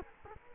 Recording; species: mosquito wingbeat signal from an infrared sensor; Culex quinquefasciatus